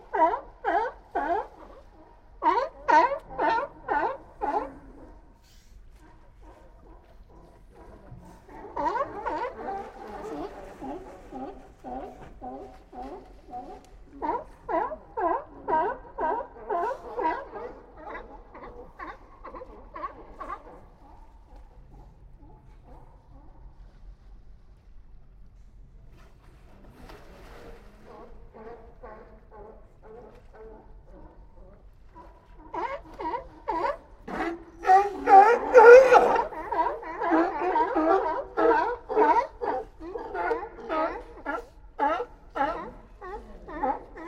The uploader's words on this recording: Old Fisherman's Wharf - Monterey Bay, CA. Zoom H6 XY Stereo Mic Capsule. Magnetic Microphone Mounts.